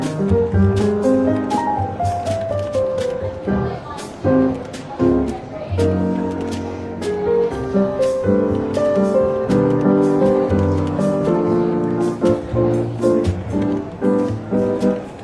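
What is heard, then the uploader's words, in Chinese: A London bookshop café, where soft jazz plays steadily in the background with a melody moving over a walking bass line. People talk around the room in a low, continuous murmur, and short clicks and clinks of cups or objects come through every second or so. 伦敦书店咖啡馆轻微喧闹氛围与柔和轻松的爵士背景音乐。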